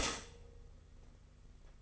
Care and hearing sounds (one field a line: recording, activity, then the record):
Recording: daily activity, microphone in the room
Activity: stop toaster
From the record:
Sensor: 4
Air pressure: 992.4 hPa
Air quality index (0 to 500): 144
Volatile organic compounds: 83 ppm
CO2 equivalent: 3628 ppm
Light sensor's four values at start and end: 18/62/23/23 and 18/62/23/23